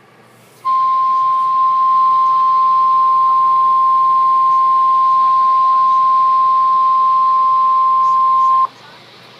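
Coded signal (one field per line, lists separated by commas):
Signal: Emergency Alert System (SAME) tones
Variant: 1050 Hz attention tone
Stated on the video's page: Two back-to-back Flash Flood Warning EAS alerts.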